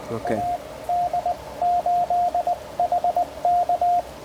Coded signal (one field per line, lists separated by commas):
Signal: Morse code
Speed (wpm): 19 wpm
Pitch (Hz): 700 Hz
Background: speech, radio noise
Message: AD8HK